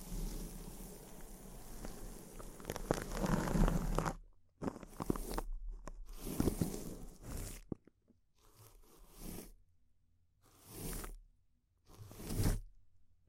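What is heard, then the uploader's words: Intense crinkling, dense and crackly, fills the first four seconds with a low rumble underneath. After that it breaks into separate bursts, each about half a second to a second long, with silent gaps between them, near 5, 6.5, 9, 11 and 12.5 seconds. ASMR Intense Close-Up Crinkles (No Talking).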